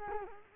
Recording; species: mosquito wingbeat signal from an infrared sensor; Culex quinquefasciatus